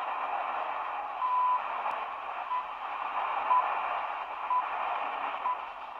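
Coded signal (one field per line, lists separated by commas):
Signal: radio time signal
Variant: HCHD-2 Ecuador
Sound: five short 1 kHz beeps, one per second, in heavy AM static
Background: radio static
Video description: Locutor en Castellano: " Al Oír el Tono Serán las 0 horas, 42 minutos 0 segundos ", Beeps.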